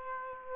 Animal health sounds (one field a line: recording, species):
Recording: mosquito wingbeat signal from an infrared sensor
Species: Aedes aegypti